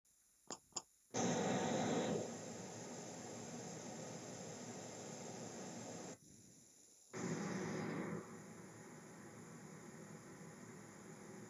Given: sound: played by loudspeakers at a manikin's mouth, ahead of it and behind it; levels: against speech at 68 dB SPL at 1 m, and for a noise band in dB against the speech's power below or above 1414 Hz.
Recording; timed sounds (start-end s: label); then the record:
test signals for a remote microphone
0.50 s: click
0.75 s: click
1.13-6.13 s: speech-spectrum noise from ahead
7.13-11.50 s: speech-spectrum noise from behind
From the record:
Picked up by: remote microphone A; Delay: 47 ms